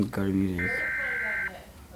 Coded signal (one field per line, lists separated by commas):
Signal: Emergency Alert System (SAME) tones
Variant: header bursts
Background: speech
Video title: EAS: WORLD WAR 3 REVAMPED